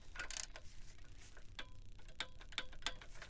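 A click-type torque wrench tightens engine fasteners during a BMW double Vanos rebuild (M54/M52tu, E46/E39/E53), with a series of light ratcheting ticks. The wrench gives faint clicks at its torque setting at 2.6 s and 2.9 s, showing the fasteners have reached their set torque.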